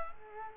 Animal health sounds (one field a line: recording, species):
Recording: mosquito wingbeat signal from an infrared sensor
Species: Culex quinquefasciatus